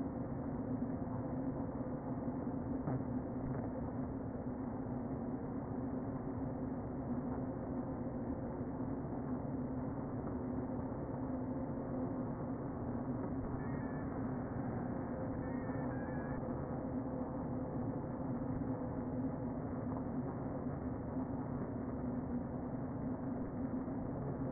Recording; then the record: honeybee colony, microphone inside the hive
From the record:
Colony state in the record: queen present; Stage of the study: before two queens were removed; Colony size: about 60,000 bees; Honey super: yes